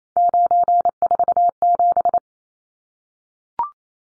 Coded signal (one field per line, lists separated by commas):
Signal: Morse code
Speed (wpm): 28 wpm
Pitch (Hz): 700 Hz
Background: none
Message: 947